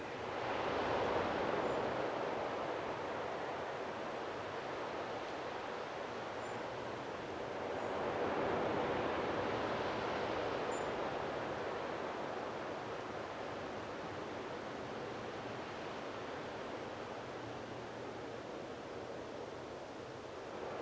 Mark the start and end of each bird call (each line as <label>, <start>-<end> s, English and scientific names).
European Robin (Erithacus rubecula), 1.63-1.76 s
European Robin (Erithacus rubecula), 6.41-6.56 s
European Robin (Erithacus rubecula), 7.76-7.93 s
European Robin (Erithacus rubecula), 10.71-10.89 s